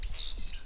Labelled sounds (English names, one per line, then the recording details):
Stitchbird song
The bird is a male
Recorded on Tiritiri Matangi Island, New Zealand, in 2005
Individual 8, of nest box 10